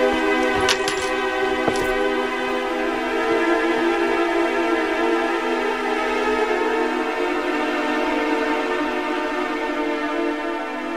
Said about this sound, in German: Bitte, hier ist der Schlüssel.